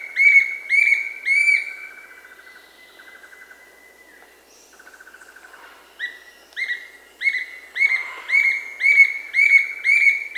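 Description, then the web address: Bright-rumped attila song: rapid whistled notes repeated about twice a second, pausing for about four seconds of quieter chatter before the series resumes. Recorded in the Amazon of Peru. "Birds of the Amazon 3. Bright-rumped Attila (Attila spadiceus), Peru"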